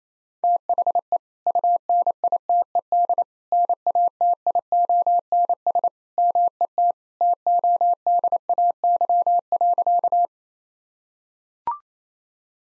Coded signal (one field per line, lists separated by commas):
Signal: Morse code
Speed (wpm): 28 wpm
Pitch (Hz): 700 Hz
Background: none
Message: THE UNITED NATIONS MET TODAY.